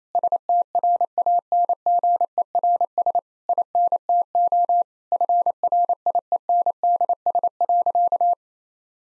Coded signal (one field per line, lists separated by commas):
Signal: Morse code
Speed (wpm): 28 wpm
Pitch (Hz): 700 Hz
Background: none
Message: STRANGERS INTO FRIENDS.